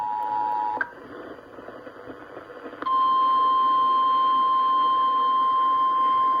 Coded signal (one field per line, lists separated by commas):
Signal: Emergency Alert System (SAME) tones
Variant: 853 and 960 Hz attention tone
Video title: EAS Alerts from WDFA (EAS #160-165)